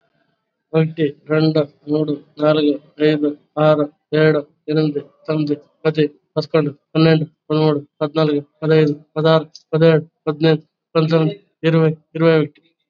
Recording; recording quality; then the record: counting at a normal pace; excellent, no background noise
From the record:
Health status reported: COVID-19 positive, mild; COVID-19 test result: positive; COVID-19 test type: RT-PCR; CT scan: not taken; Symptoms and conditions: cough, cold, fever, fatigue, muscle pain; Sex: male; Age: 48 years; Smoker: no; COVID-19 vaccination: both doses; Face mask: worn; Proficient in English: yes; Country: India